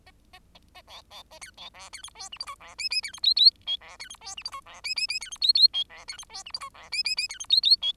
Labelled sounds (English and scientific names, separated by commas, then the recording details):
Bengalese Finch (Lonchura striata domestica) song
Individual Bird10